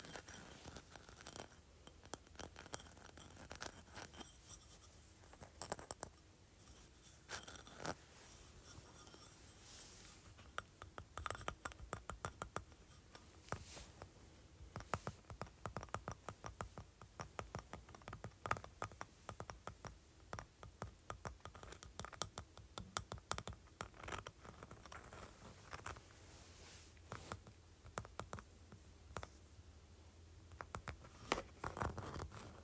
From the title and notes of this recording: ASMR Large Textured Sea Shell.